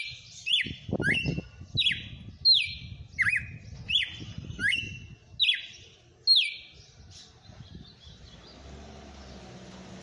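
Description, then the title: Red-cowled cardinal delivering a rapid series of sliding whistled notes, more than one per second, then falling quiet over faint hiss and low background noise. Female, bird named Fenrir, singing. "Canto Galo Campina Fêmea. Galo de campina cantando na cara do FREGUÊS - Esse é o FENRIR"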